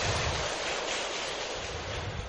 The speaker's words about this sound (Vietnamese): Xin đại chúng cho một tràng pháo tay để cùng đón.